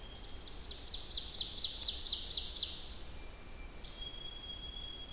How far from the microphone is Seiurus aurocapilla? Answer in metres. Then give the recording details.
about 35 m. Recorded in boreal forest in Alberta, Canada, on 21 June 2016 at 06:33. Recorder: SongMeter 3, array SBT-6-81. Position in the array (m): 15 m, 84 m. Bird 24